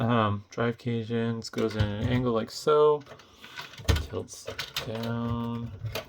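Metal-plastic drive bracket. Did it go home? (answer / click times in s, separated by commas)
no / none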